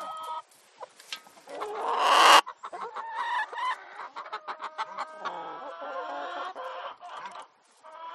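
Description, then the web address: Chickens cackling and clucking together, overlapping nasal calls with one loud rising squawk partway through, followed by a busy stream of short clucks. Many hens in a henhouse, with lots of cackling and squawking. "gallinas en el gallinero muchos cacareos y gritos"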